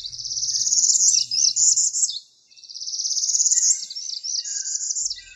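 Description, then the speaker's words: Northern Parula song: two high, buzzy trills separated by a short pause. Common spring migrant warbler heard in neighborhoods; rising, buzzy songs given from flowering trees. "Listen for their rising, buzzy songs from any kind of flowering tree over the next few weeks."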